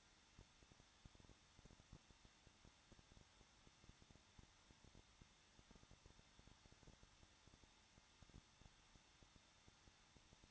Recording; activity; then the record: daily activity, microphone in the room; no activity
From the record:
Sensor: 3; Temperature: 21.2 degrees Celsius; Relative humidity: 36.5%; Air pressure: 1006.4 hPa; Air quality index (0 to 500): 224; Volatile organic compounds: 44 ppm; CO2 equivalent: 3215 ppm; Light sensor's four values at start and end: 2/3/2/2 and 2/3/2/2